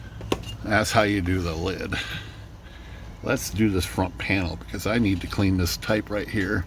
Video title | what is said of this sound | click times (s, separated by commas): Remington Rand KMC Standard Typewriter Front Panel Removal | and then push down the back and it snap in there so | 0.3 s